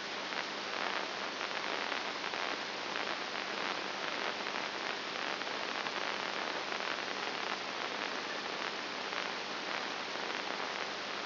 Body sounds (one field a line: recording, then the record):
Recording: brain microelectrode recording played as sound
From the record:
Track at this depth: inside the subthalamic nucleus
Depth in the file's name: 3.101 mm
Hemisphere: right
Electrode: 2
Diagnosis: Parkinson's disease